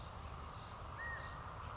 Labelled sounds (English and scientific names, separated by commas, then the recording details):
California Quail (Callipepla californica)
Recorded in Sonoma County, California